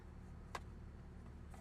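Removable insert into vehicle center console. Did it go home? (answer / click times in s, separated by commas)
no / none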